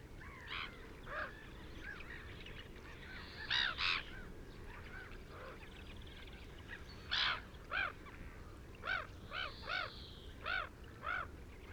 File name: Black Headed Gull Calls Of Socialising Adults